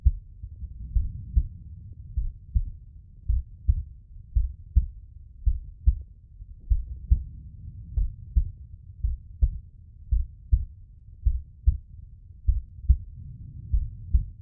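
An adult's heartbeat.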